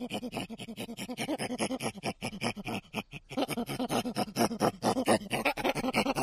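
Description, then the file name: Chimpanzee hoarse pant-grunts, quick rhythmic breathy pulses with a brief pause near the middle before the panting resumes. Chimpanzee grunt recorded close-up, given as hoarse rapid panting. "CHIMP GRUNT CU-HOARSE-RAPID-PANTING"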